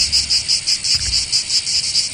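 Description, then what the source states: Cicada song: a high, dry, buzzing trill pulsing steadily several times per second, with no other clear sounds. Heard mainly at the seaside and in the south of France.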